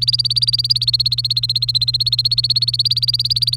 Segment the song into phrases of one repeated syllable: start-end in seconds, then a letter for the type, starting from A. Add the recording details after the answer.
0.00-3.56 A. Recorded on 1 May 2018 at 07:16. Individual llb3